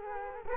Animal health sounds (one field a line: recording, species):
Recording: mosquito wingbeat signal from an infrared sensor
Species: Culex quinquefasciatus